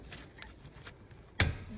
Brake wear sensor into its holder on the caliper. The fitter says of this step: until it clicks